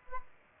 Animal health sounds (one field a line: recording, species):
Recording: mosquito wingbeat signal from an infrared sensor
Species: Aedes aegypti